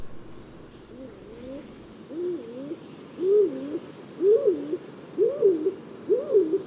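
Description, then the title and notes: Stock Dove cooing, a series of deep hollow hooting phrases about once a second, growing louder, with faint higher bird calls above. "Viikon luontoääni: Uuttukyyhky. Viikon luontoäänen esitteli Juha Laaksonen. Kuva: Juha Laaksonen. Yle"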